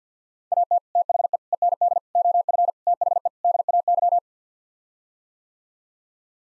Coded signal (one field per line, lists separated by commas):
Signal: Morse code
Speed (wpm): 50 wpm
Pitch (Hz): 700 Hz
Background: none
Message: AT THE END OF THE DAY